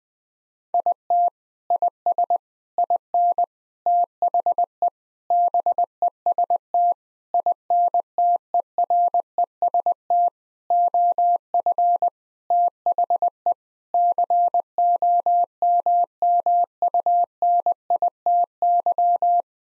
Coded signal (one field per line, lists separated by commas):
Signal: Morse code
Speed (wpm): 20 wpm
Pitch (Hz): 700 Hz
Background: none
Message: IT IS IN THE BEST INTEREST OF THE COMMUNITY